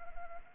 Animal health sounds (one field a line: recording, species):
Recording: mosquito wingbeat signal from an infrared sensor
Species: Anopheles arabiensis